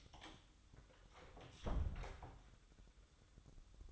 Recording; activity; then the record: daily activity, microphone in the room; close door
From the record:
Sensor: 3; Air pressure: 1004.9 hPa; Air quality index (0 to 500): 75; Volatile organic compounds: 2 ppm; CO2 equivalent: 1128 ppm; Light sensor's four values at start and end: 9/20/8/8 and 8/20/8/8